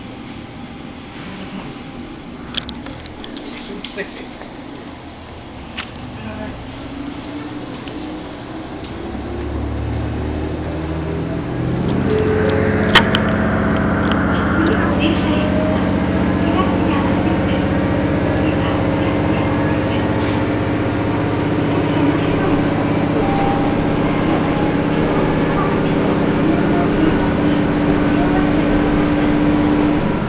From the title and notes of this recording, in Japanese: 松浦鉄道 松浦→伊万里。松浦から伊万里は海岸線に沿ったりしながら磁器で有名な伊万里へ向かいます。いきなり難読駅名の調川（つきのかわ）を過ぎ、少しずつ乗客が乗り出してきました。